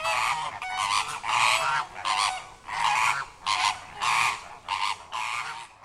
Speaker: Here's the sound of some greater flamingos.